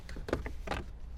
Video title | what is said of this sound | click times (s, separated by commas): 2024+ Land Cruiser Beat-Sonic ENA-3T3 Encore Amplifier Install | And we might want to get back here, too. And this piece just pops right off. | 0.3 s